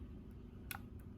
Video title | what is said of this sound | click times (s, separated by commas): Product Showcase - Goldstar Tool & Avery Dennison Fabric Tagging Guns -Goldstartool.com-800-868-4419 | You heard the click? When you hear the click, very simple. | 0.7 s